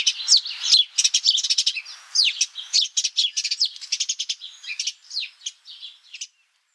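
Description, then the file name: House sparrow calls: a rapid run of sharp chirps, coming busily before thinning out and stopping near the end. "Passer domesticus"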